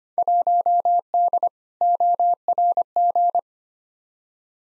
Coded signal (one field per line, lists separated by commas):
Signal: Morse code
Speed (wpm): 25 wpm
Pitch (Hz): 700 Hz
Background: none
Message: 1D ORG